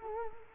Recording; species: mosquito wingbeat signal from an infrared sensor; Culex quinquefasciatus